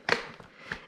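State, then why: Seated. The adjustable footrest on a pushchair seat is raised and latches into a higher position with a sharp click at 0.1 s, followed by a fainter short tick at 0.7 s. The footrest is seated securely in its raised position.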